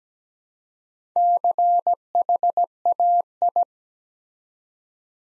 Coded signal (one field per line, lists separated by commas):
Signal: Morse code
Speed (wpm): 17 wpm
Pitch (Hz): 700 Hz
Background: none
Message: CHAI